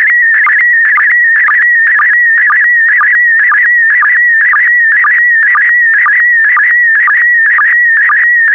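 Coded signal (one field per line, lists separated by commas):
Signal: SSTV (slow-scan television)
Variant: PD120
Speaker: the next image transmission will start in 10 seconds five four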